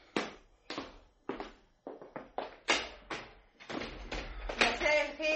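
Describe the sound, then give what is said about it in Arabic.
A run of sharp, hard footsteps, about a dozen, quickening in pace as someone goes to open the door for arriving guests, followed by a busier clatter and rattle as the door is opened. “اهم روح افتح الباب.”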